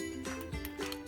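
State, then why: Not seated. During reassembly of a 1911 pistol, the recoil spring plug is held down while the steel barrel bushing on the front of the slide is turned toward its locked position. Over a steady tonal background, short handling ticks are heard, but nothing has clicked or seated yet.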